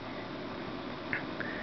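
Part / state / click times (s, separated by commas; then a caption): plastic launcher on toy trailer / seated / 1.1 s. A plastic Roller launcher on a toy trailer is slid back until it locks into place, over a steady background hiss. A soft click sounds at 1.1 s as the launcher seats, followed by a fainter tick near 1.4 s.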